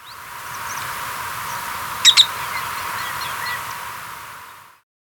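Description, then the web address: Ecuadorian rail call: two short, sharp notes in quick succession near the middle, standing out against a steady hiss. "Birds of Ecuador. Ecuadorian Rail"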